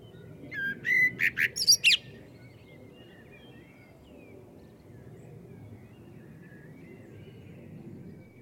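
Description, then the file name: Common blackbird giving one brief fluty, squeaky-edged song phrase of quick notes, followed by several seconds of low background rumble. "Turdus merula"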